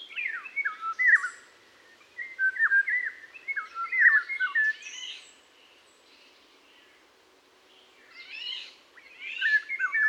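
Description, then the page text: European golden oriole calls: a run of stepped, falling whistles with rasping notes, a quiet gap, then more harsh calls and whistles near the end. Family of the nominate subspecies on post-breeding dispersal at an urban site in southern Leipzig, Germany, 12 July 2008. "Urban Orioles – Patrick Franke"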